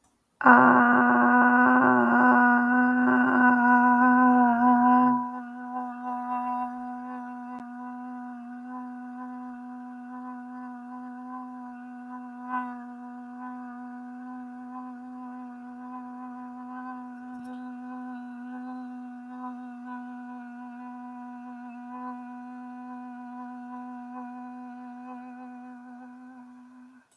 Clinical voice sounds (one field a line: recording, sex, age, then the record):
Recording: vowel held as long as possible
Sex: female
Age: 50 to 59 years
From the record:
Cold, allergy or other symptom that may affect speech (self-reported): no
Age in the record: 54 years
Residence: New York, United States